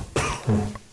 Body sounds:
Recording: coughing mixed with background sound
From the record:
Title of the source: Mid-morning Winter Coughing Fit

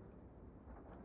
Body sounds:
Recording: background sound without coughing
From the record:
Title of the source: Train Ride Ambience ambient white noise for sleeping, focus, studying, reading

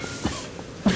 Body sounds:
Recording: coughing mixed with background sound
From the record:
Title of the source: Spring Allergy Coughing

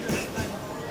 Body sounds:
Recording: coughing mixed with background sound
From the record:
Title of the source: Spring Cold Coughing 2

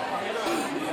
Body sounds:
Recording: coughing mixed with background sound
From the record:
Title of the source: 60 coughing still (deep and wet cough)

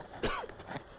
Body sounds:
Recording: coughing mixed with background sound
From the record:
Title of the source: Coughing 51

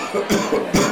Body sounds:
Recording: coughing mixed with background sound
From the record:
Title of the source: Spring Cold Coughing 3

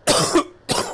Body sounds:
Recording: coughing mixed with background sound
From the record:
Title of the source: Coughing 79

